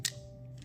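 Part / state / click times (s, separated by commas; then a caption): LED taillight mounting plate into fender eliminator taillight bracket / seated / 0.1 s. A small, square, almost flat LED taillight mounting plate from a Kemimoto fender eliminator kit for a KLX 300 is slid into slots on the taillight bracket and pushed down. It snaps into place with a sharp click at 0.05 s, followed by faint ticks near 0.6 s and 0.7 s. The plate is seated.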